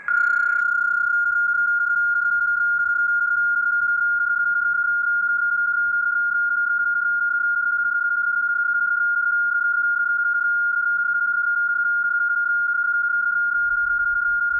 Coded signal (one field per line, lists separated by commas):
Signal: PSK31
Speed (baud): 31.25 baud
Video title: Mount Ord SOTA Activation Part I - PSK31